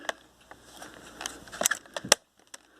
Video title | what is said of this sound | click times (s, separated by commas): How-to Add Memory -- Gateway MT6460 -- 4GB in 8 Minutes -- Nervous Nick | there you go so you hear it pop | 2.1 s